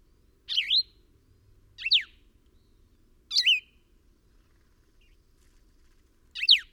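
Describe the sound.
Bird calling with four sharp, high sweeping chirps spaced one to three seconds apart, each brief and slurred.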